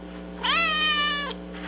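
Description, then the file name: Cat giving one drawn-out meow, rising briefly then holding level for under a second before dropping off, over a faint steady hum. "cat shorty"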